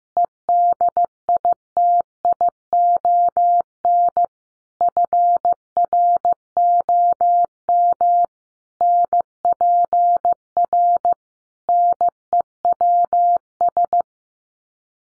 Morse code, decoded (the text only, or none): EDITION FROM NPR NEWS